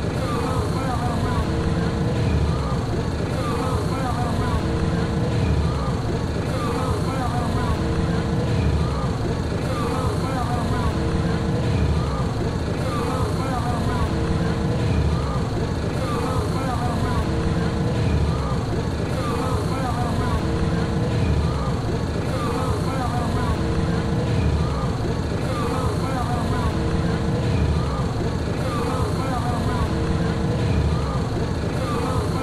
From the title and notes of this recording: Recordings of the 2009 New Jersey State Fair made by Dan Bodah at the Sussex Co. Sussex Co. Fairgrounds, Frankfort, NJ.